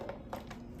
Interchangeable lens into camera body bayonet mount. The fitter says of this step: so wait for a solid nice click and then